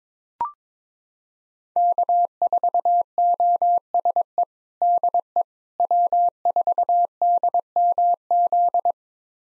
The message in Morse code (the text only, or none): K4OSE DE W4DMZ